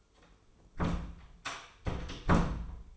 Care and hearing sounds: daily activity, microphone in the room; close door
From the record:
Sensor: 1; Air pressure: 1015.2 hPa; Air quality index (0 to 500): 164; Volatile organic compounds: 11 ppm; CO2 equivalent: 2280 ppm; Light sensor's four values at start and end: 14/33/14/15 and 14/33/14/15

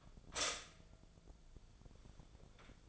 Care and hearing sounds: daily activity, microphone in the room; stop toaster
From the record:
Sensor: 5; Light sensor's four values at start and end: 84/197/84/91 and 84/197/84/91

